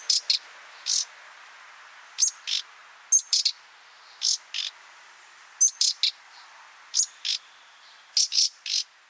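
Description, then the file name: Common nightingale repeating short call bursts of a brief high whistle plus dry rasping notes, spaced irregularly over several seconds against faint background hiss. "Luscinia megarhynchos"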